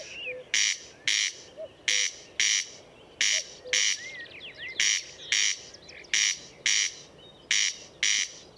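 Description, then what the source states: Corn crake giving harsh paired rasps in a steady rhythm, while other small birds twitter softly behind. Recorded at Murnauer Moos, Germany, on 29 May 2014.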